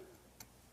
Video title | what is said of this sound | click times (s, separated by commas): Trinnov Altitude 16 Wizard Walkthrough – A Beginner Can Do This? | and you'll hear a little click. You'll know that that's in there. | 0.4 s